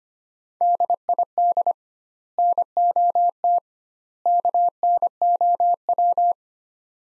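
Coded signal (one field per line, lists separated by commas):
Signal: Morse code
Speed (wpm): 25 wpm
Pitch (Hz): 700 Hz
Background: none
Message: DID NOT KNOW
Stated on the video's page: Morse practice of three-word sets at 25 wpm with doubled word spacing, a Farnsworth-like method.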